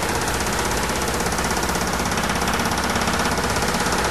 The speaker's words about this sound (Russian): Отлично защищенные полицейские без труда прошили слой земли. Сталь отбойных молотков коснулась бетона, как бормашина дантиста касается эмали зуба.